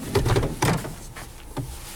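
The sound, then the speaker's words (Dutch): The door of a car stopped by the roadside is opened with a quick series of clicks and a muffled clunk as a metal detector is taken out of the back. A softer thud follows a moment later against a low, steady background hum. “En hij doet een deur open en haalt hier een metaaldetector uit zijn achterklem.”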